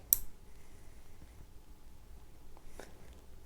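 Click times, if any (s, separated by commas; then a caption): 0.1 s. A metal jump ring on a chain bracelet is closed onto a chain link by twisting it with two pliers until its ends meet under tension. A sharp, bright click is heard at 0.1 s, followed by faint quieter ticks around 2.6 s and 2.8 s. The ring closes with a click.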